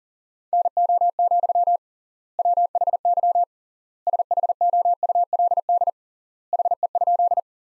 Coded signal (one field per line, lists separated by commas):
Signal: Morse code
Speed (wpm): 40 wpm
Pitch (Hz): 700 Hz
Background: none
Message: NO, WHY SHOULD HE?